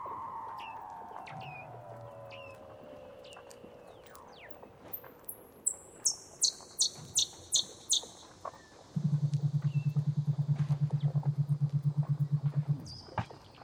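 Weddell seal calls: long falling whistles, a rapid series of sharp high chirps, then a steady low pulsed drone over a background of other trills and clicks.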